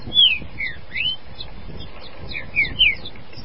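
Green-winged saltator song: clear whistled slurs, mostly falling, in two short groups separated by a pause, with softer high notes in the background.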